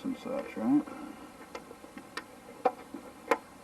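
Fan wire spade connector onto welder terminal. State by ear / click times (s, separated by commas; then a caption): seated / 3.3 s. While replacing the fan in a Lincoln 140 wire-feed welder, a fan wire's spade connector is pushed onto the welder's terminal as someone talks. Several small ticks sound before a sharp click at 3.3 seconds, when the connector seats onto the terminal.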